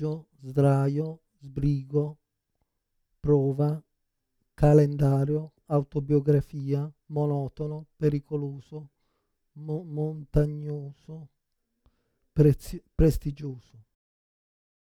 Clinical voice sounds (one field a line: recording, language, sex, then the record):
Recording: read list of words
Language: Italian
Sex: male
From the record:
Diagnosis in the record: Parkinson's disease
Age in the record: 56 years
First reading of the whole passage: 87 s, 6.0 characters per second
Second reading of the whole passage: 67 s, 7.8 characters per second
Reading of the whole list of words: 59 s, 4.8 characters per second